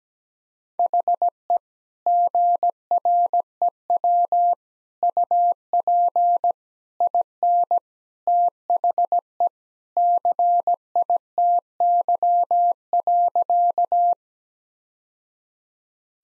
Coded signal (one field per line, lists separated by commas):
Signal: Morse code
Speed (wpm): 17 wpm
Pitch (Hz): 700 Hz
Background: none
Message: HE GREW UP IN THE CITY.